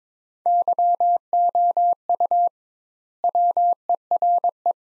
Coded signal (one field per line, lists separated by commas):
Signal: Morse code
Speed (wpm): 22 wpm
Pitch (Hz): 700 Hz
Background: none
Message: YOU WERE